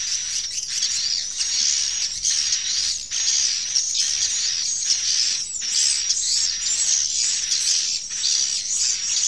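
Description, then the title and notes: Swiftlet chirping: a dense, continuous mass of high, shrill twittering, swelling in repeated short bursts. Used in swiftlet bird farming in Asia. "Swiflet Bird Sound. Farming Swiflet Bird asia sound"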